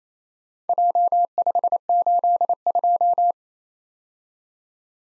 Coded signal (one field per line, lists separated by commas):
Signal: Morse code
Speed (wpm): 28 wpm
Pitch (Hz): 700 Hz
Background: none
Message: J582